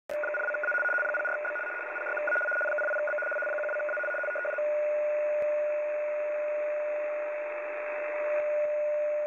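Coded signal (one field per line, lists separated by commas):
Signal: RTTY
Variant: 75 baud, 850 Hz shift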